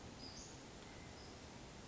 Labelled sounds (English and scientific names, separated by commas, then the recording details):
Western Flycatcher (Empidonax difficilis)
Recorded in Sonoma County, California